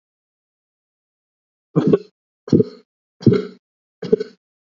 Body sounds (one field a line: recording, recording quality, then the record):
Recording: shallow voluntary cough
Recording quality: excellent, no background noise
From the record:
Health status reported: COVID-19 positive, mild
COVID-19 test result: positive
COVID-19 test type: RT-PCR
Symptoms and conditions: cough, cold, sore throat, muscle pain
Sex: male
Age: 30 years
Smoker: no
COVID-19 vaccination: both doses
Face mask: worn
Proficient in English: yes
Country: India